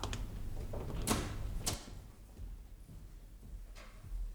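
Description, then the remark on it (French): In a French radio comedy, a door is opened with a couple of sharp wooden clunks about half a second apart, then a softer knock later, over a steady low hum with no one speaking. “Demande-lui ce qu'il veut à travers la porte.”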